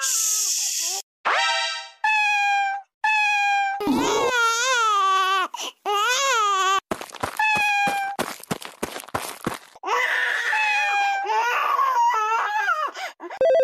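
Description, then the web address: Cat meowing, a string of harmonic meows, some long and wavering, others short and clipped, separated by abrupt cuts and brief silences. "the rascal meow"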